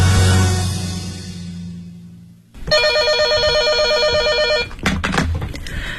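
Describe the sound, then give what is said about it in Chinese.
A low humming tone fades out, then a telephone starts ringing late at night, loudly with a bright, buzzing, steady trill that carries on for several seconds, briefly interrupted by a few clicks. “这么晚不要打电话骚扰单身女性，我都睡着了。”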